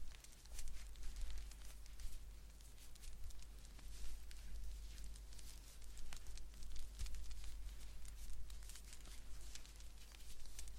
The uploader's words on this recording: ASMR Blanket Knitting To Put You To Sleep No Talking.